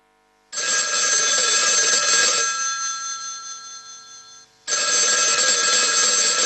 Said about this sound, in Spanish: Los teléfonos suenan, los teléfonos llaman y del otro lado, de cada lado de la línea suele haber una persona distinta.